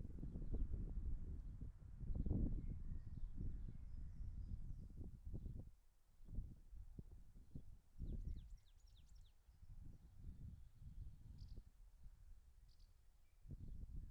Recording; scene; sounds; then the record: everyday scene through a hearing-aid microphone; wind on the microphone; wind, birds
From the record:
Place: in front of a rural house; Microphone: behind the ear, left, rear